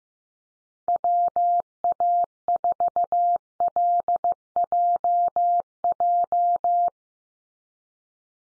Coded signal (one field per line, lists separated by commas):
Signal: Morse code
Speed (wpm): 15 wpm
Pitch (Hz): 700 Hz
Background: none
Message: WA4LJJ